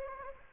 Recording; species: mosquito wingbeat signal from an infrared sensor; Anopheles gambiae